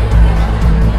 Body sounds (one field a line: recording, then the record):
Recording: background sound without coughing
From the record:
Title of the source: Party Noise 1 Hour Party Ambience